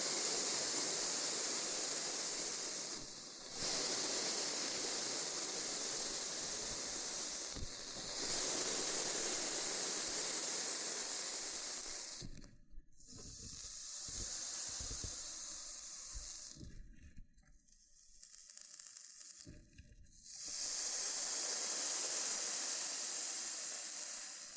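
Loofah sounds: a loud, dense scratchy hiss that runs steadily for about twelve seconds, broken by brief dips near 3 and 8 seconds. After that it turns choppy, with short bursts, crackles and gaps of near silence between them.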